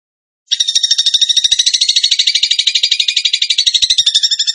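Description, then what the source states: Bird song: after a brief silence, a long, fast, high-pitched trill of rapidly repeated notes. Masteran training recording in the tembakan gacor style.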